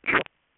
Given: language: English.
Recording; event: throat vibration sensor signal played as sound; swallow